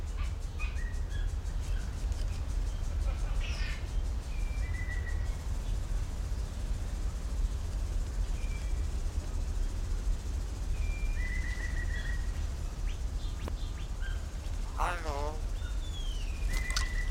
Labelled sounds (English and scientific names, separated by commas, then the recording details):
Common Hill Myna (Gracula religiosa)
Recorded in captivity
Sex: male
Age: adult
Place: Zoo Berlin, Berlin, DE
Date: 1993-08-04 18:53
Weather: heiter, 25 °C
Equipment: Marantz CP 430, Sennheiser ME 80, Kopie Uher Variocord 263
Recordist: Tembrock, Günter
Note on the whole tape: Unterart intermedius, Gesang mit Imitationen